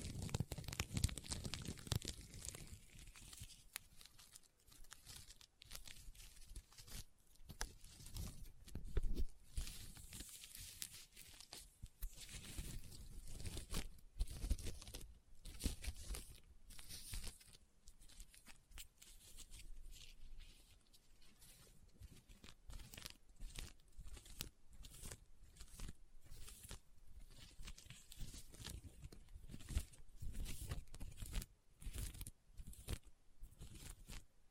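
Leather being tapped and scratched in dense, irregular bursts of crinkly, crunching texture, with sharp taps and rough scraping continuing throughout.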